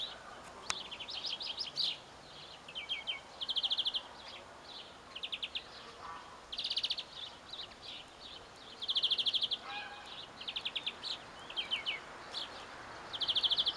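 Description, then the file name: European greenfinch calls: a run of fast, buzzy trilled bursts, some stronger and longer, repeated irregularly every second or two over steady background hiss. "Chloris chloris"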